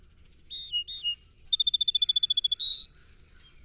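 Song sparrow singing: two clear introductory notes, a high thin whistle, then a rapid trill, a buzzy slur and a brief whistled finish.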